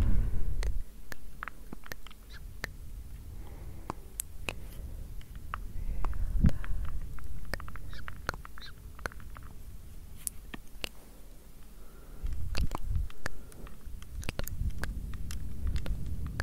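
Gentle tapping, close up, comes as sharp, light clicks scattered irregularly throughout, several per second at times. Soft low rumbling swells underneath, rising around six seconds and again from twelve seconds on, like close breathing or blowing into the microphone.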